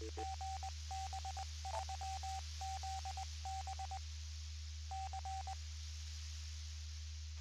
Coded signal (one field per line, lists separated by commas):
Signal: Morse code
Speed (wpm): 20 wpm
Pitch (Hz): 770 Hz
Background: none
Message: GB3ZB C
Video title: HAM Radio UHF (70cm) - RSGB News on GB3ZB